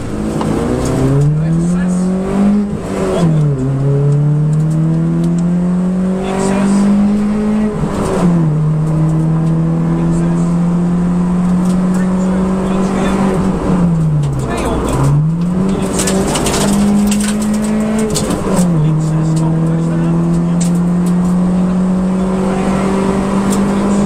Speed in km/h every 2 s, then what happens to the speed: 39, 58, 78, 92, 101, 113, 115, 85, 92, 101, 113, 123.
0-12 speeds up to 115. 12-15 brakes to 85. 15-24 speeds up to 123.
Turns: none.